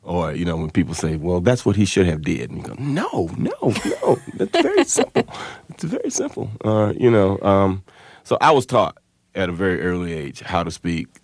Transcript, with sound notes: Or, you know, when people say, well, that's what he should have did. And you go, no, no, no.
(Laughter).
That's very simple. It's very simple, you know? So I was taught at a very early age how to speak,